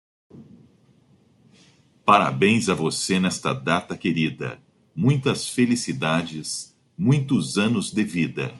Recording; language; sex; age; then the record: short text; Brazilian Portuguese; male; 40 to 49 years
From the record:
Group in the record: control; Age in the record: 47 years